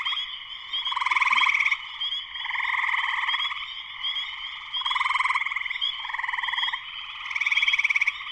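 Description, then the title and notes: Many spring peepers calling together: a bright continuous peeping band and loud rattling trills pulsing in and out every couple of seconds. Full chorus shortly after sunset, Sleeping Bear Dunes National Lakeshore, northern Michigan, USA. "Spring peepers (chorus frogs) in concert. Spring peepers (chorus frogs) in full chorus shortly after sunset in the Sleeping Bear Dunes National Lakeshore in northern Michigan, USA. Recorded by Darrin Wassom. Part of the Music for Sleep project"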